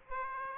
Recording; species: mosquito wingbeat signal from an infrared sensor; Aedes aegypti